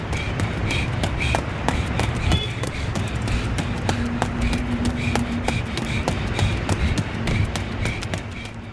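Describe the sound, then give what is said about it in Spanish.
Rapid running footsteps of a man running away from police: a quick, uneven string of sharp slaps and thuds that carries on for several seconds over a steady, rumbling background noise. “Ahí está, es ese, el que se está yendo corriendo.”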